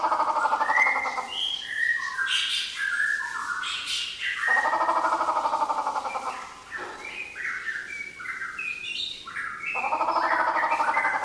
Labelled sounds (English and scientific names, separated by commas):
White-rumped Shama (Copsychus malabaricus)